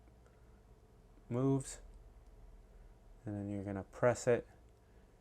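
A metal keyboard stabilizer wire is handled at the plastic stabilizer housing clip on a keyboard plate, about to be pressed in, while someone talks in two short bursts. Nothing has seated or clicked yet; the wire is not home at the end of the clip.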